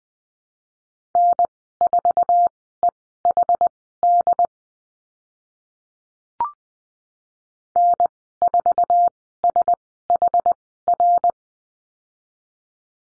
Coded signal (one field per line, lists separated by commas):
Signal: Morse code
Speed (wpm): 20 wpm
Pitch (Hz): 700 Hz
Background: none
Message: N4EHD N4SHR